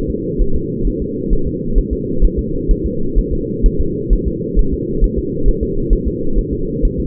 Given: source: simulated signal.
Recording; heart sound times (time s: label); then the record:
fetal heart sounds
0.10 s: S2
0.42 s: S1
0.56 s: S2
0.87 s: S1
1.02 s: S2
1.33 s: S1
1.47 s: S2
1.78 s: S1
1.93 s: S2
2.25 s: S1
2.39 s: S2
2.71 s: S1
2.86 s: S2
3.19 s: S1
3.33 s: S2
3.66 s: S1
3.81 s: S2
4.13 s: S1
4.28 s: S2
4.59 s: S1
4.73 s: S2
5.04 s: S1
5.19 s: S2
5.48 s: S1
5.63 s: S2
5.93 s: S1
6.07 s: S2
6.38 s: S1
6.53 s: S2
6.85 s: S1
7.00 s: S2
From the record:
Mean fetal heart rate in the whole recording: 130 bpm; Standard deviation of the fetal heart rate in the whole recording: 4 bpm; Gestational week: 38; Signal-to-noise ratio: -8.1 dB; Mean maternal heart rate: 72 bpm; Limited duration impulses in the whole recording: present